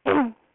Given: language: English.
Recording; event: throat vibration sensor signal played as sound; throat clearing